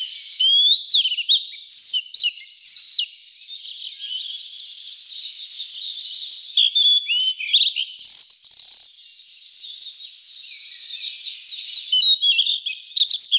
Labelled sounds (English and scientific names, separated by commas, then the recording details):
Blue-and-white Flycatcher (Cyanoptila cyanomelana) song
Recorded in the wild
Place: Ussuriskij-Reservat, RU
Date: 1994-06-07
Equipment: Dat-Recorder Casio DA 7, Telinga DAT, Telinga-Parabolspiegel
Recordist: Schwarz, Dieter